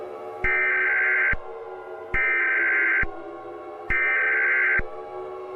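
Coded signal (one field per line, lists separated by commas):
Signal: Emergency Alert System (SAME) tones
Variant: header bursts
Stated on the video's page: Fake EAS scenario using valid EAS tones, not a real broadcast.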